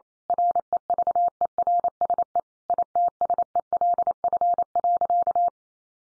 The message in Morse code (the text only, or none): REVERSE ITSELF.